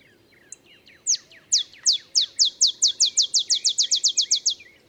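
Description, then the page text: Olive sparrow song of sharp downslurred chips that speed up from widely spaced notes into a quick, even trill, with fainter bird notes beneath. Male olive sparrow; simple songs likened to a field sparrow's bouncing ball song; early morning in Texas, 50 miles north of the Mexican border. "Olive sparrow. Recording early morning just 50 miles north of the Mexican border in Texas"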